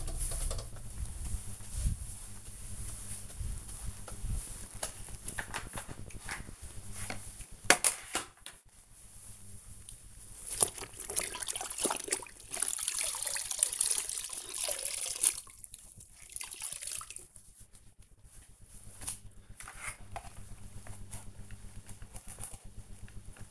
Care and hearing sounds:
household activities, microphone on the right wrist
0.00-23.50 s: floor cleaning

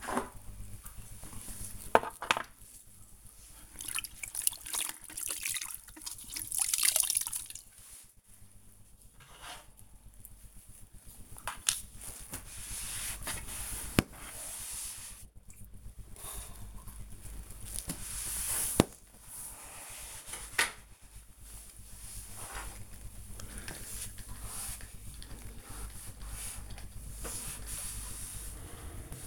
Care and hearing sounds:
household activities, microphone on the right wrist
0.00-29.27 s: cleaning the cupboard

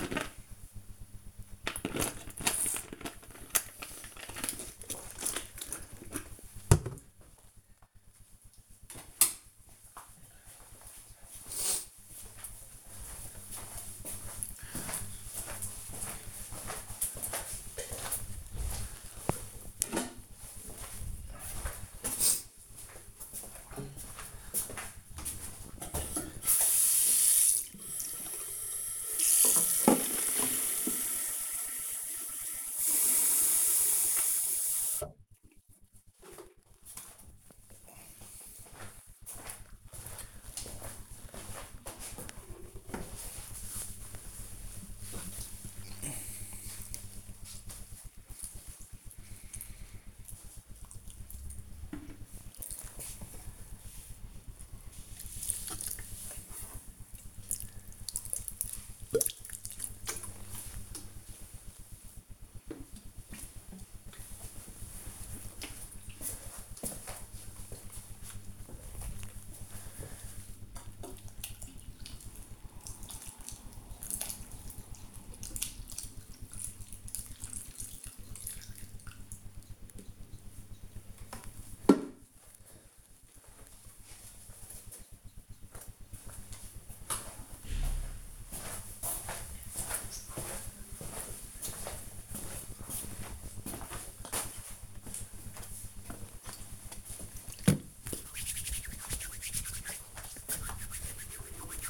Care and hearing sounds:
household activities, microphone on the right wrist
0.00-3.78 s: drinking
25.94-80.34 s: watering plant
93.42-101.90 s: disinfecting hands

